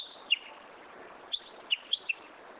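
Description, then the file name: Japanese bush warbler giving a few separate sharp whistled notes, each dipping in pitch, spaced unevenly over under three seconds against soft background noise. "uguisu"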